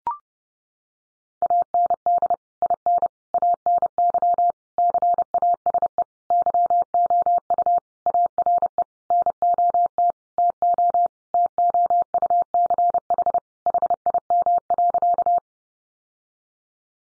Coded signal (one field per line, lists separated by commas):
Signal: Morse code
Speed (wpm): 30 wpm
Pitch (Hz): 700 Hz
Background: none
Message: AND IN ANY CASE YOU ARE NOT TO TOUCH HIM.